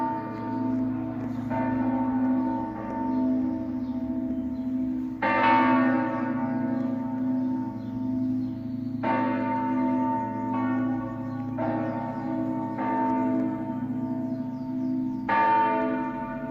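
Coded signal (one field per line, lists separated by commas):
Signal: bell signal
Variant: Friulian battiore and dopli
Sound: church bells struck repeatedly, bright strokes ringing out over a deep sustained hum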